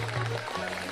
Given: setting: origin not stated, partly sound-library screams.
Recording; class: one-second piece from a danger detection set; normal situation